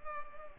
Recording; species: mosquito wingbeat signal from an infrared sensor; Culex pipiens